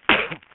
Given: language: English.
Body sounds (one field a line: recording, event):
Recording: throat vibration sensor signal played as sound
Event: cough